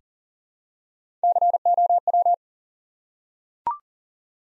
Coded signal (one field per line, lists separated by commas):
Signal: Morse code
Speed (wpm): 39 wpm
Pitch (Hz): 700 Hz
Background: none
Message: COW